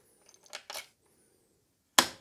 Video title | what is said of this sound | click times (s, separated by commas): E-Bike BEAST - Nireeka Mega In-Depth Review & Test (Feat. Helinox) | snap in place. You can use a key to release it. | 2.0 s